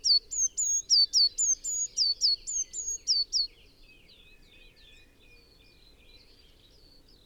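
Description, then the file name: Eurasian blue tit gives a rapid string of high notes, many falling, for about three seconds. Then come quieter, scattered chirps. "Cyanistes caeruleus"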